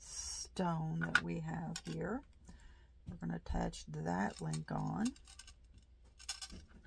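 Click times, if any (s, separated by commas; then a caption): 6.3 s. Someone talks while a metal jewelry link is attached into the link of a lava stone bead component, joining the purple and turquoise lava stone bead components of a beaded jewelry piece. After the talking stops, a short, sharp snap is heard at 6.3 s as the link closes and seats, followed by a much fainter tick near the end.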